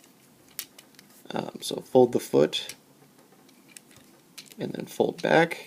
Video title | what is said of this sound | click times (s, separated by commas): Transformers Prime Cliffjumper | so that the tire is in the back and you'll feel it click | 0.6 s